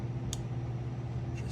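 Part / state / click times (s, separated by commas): small notched model car part into its keyed mounting on the model chassis / seated / 0.3 s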